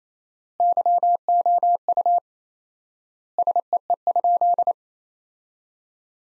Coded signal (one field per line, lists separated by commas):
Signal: Morse code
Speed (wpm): 28 wpm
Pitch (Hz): 700 Hz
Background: none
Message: YOU SEE?